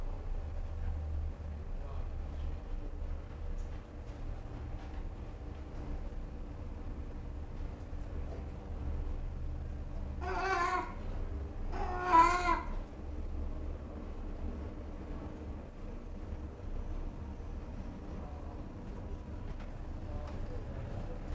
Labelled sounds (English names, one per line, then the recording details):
Rhesus Monkey call
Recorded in captivity
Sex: diverse
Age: diverse
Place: Tierpark Berlin, Berlin, DE
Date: 1959-07-24 20:15
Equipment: Reporter (Vollspur)
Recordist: Tembrock, Günter